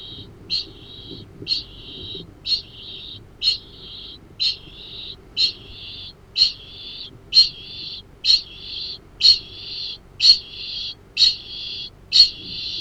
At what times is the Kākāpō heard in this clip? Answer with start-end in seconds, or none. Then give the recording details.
0.00-12.80. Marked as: faintness 3/5, faintness 1/5. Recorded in New Zealand. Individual Arab